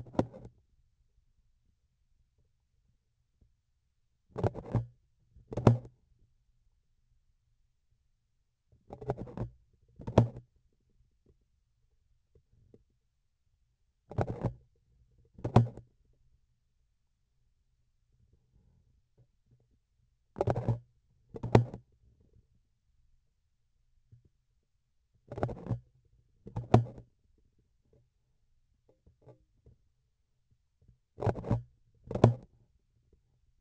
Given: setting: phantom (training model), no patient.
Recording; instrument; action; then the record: laparoscopic instrument, vibration sensor on the handle end; grasping forceps; opening and closing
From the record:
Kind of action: tool actuation without material contact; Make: other than Olympus